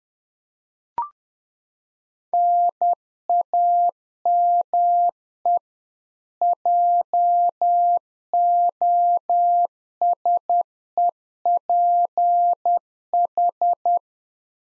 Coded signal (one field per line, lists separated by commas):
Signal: Morse code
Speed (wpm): 10 wpm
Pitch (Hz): 700 Hz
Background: none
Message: NAME JOSEPH